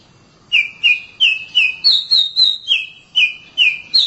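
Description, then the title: Oriental magpie-robin giving a steady string of about ten clear whistled notes, each opening with a crisp click and dropping slightly in pitch, a few pitched higher. "Suara Kicauan Burung Kacer"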